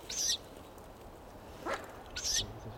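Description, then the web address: Ural owl giving two rasping, high hissing calls about two seconds apart, with a fainter sound in between. Recorded in May 2008. "viiru. birdersdiary toukokuu-2008"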